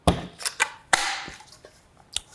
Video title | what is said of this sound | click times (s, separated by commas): Unboxing the VX2416 24" Gaming Monitor | They will click together nice and tight, and then you can flip over your monitor | 0.1 s, 0.9 s